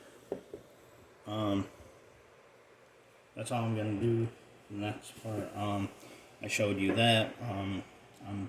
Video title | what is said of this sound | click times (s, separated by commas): Installing the valve springs and head on to block - Civic Build | get on here one of these put it on there and press down on it until it clicks in | 0.3 s